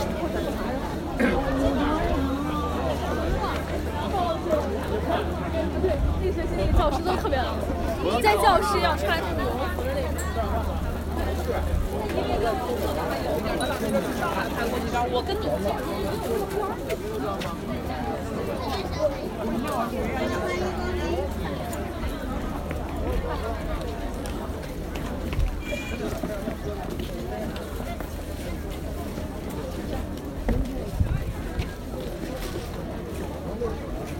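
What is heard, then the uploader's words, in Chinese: A busy pedestrian lane in Nanluoguxiang, with steady overlapping chatter from passing crowds, voices, and a low rumbling hum underneath most of the time. 声音来自南锣鼓巷。南锣鼓巷是一条胡同，位于北京中轴线东侧的交道口地区。现在还是由南向北单行线，还未完全改造成步行街，车辆可通行。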